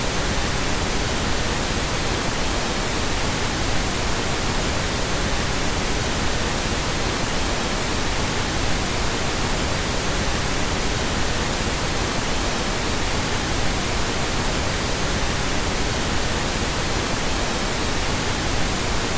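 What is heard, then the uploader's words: Pink noise plays at a steady, unchanging level for the whole clip, a dense, even hiss with a softer, fuller low end than plain white noise. No separate events, pulses or background sounds break through; it stays constant from start to finish. Pink Noise.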